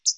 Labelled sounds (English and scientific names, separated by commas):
Hooded Warbler (Setophaga citrina) flight call